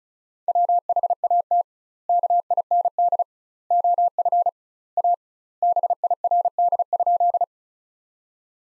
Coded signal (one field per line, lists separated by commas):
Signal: Morse code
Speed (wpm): 34 wpm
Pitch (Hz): 700 Hz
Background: none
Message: WHAT KIND OF A BIRD?